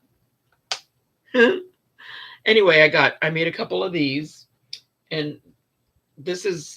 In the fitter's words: Did you hear that click?